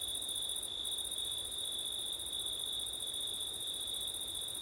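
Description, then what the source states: Cricket chorus, a continuous high-pitched trill with a second shrill pulsing layer higher up that drops out briefly near the first second. Crickets on a September night in wind, recorded with an ORTF stereo setup.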